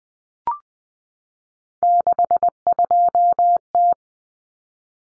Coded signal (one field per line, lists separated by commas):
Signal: Morse code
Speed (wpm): 20 wpm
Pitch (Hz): 700 Hz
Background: none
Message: 62T